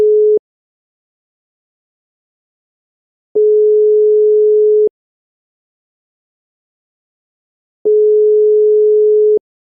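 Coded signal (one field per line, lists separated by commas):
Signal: telephone call progress tone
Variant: 425 Hz, 1.5 s on, 3 s off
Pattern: ringback tone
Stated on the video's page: Obsolete Spanish ringing tone B: 425 Hz, cadence 1.5 s on, 3.0 s off, 30 seconds, per ETSI technical report.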